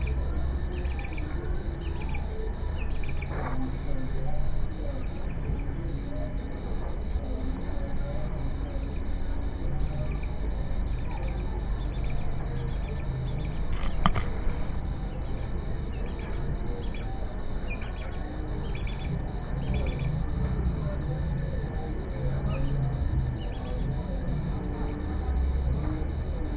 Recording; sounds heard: poultry house recording; healthy chickens